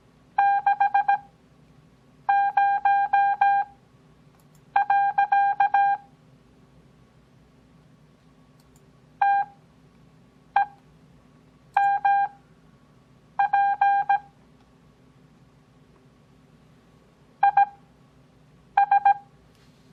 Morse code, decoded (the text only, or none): 60. TEMP IS